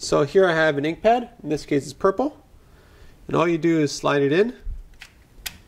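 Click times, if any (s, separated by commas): 5.5 s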